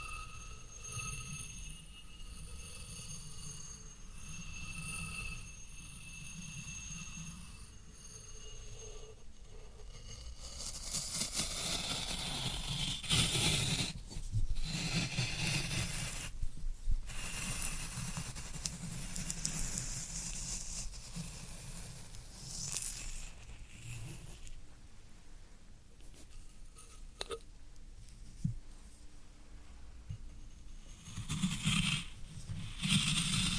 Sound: Floral Foam Sounds